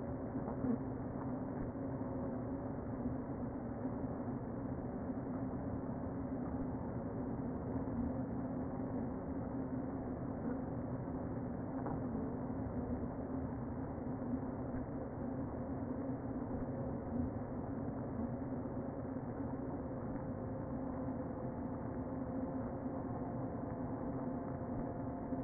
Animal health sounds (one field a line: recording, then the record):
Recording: honeybee colony, microphone inside the hive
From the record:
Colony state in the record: queen present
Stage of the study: before two queens were removed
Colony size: about 60,000 bees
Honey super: yes